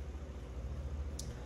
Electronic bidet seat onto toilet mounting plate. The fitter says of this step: này là được các bác nhé. Lúc nào nghe cái cạch phát là được.